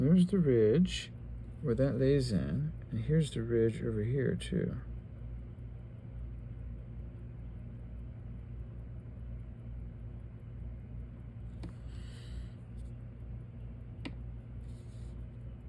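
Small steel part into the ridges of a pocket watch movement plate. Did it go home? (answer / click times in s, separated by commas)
no / none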